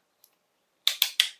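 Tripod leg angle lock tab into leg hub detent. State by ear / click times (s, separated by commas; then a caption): seated / 0.9 s. The second leg of a K&F Concept S210 tripod is opened until its angle-lock tab snaps into the detent in the leg hub. After a faint tick at 0.2 s, three sharp, bright snaps ring out at 0.9, 1.0 and 1.2 s, each fading quickly. The tab seats with a click at 0.9 s.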